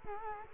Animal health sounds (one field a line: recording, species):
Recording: mosquito wingbeat signal from an infrared sensor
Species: Culex quinquefasciatus